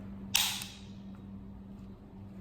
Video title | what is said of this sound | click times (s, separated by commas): Car or Truck Door Locks Not Working - Replacing Door Lock Actuator - 07-13 Toyota Tundra | And it just snaps back into place and everything is held securely. | 0.4 s